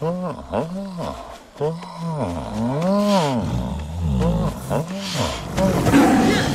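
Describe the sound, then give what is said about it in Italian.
A series of loud, drawn-out tiger roars, five or six in a row, each swelling up and sliding back down in pitch, with rough growling between them. “Questo naturalmente il film non l'ho visto, ma immagino che c'è uno stupro violento da parte di una tigre attizzata sul povero Boldi, faccia l'imitazione della tigre in calore.”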